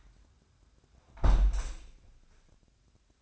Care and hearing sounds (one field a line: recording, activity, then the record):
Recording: daily activity, microphone in the room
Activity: close window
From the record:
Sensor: 2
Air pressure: 1006.4 hPa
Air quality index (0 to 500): 204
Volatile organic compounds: 15 ppm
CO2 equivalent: 2491 ppm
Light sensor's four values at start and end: 9/22/9/9 and 9/21/9/9